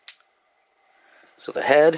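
A plastic head of a snap-together Funko Snaps Five Nights at Freddy's Golden Freddy collectible figure is pressed onto its body and snaps into place with a sharp click at 0.1 s. This part of the line snaps when put on and off. After a quiet pause, someone talks.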